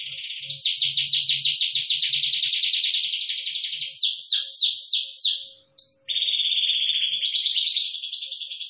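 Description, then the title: Canary singing a fast buzzy trill, then several sweeping down-slurred notes, a brief pause, and sustained high whistled tones. Cengkok song style, described as premium, of the kind sought by contest judges. "Cengkok kenari mewah yang di cari juri"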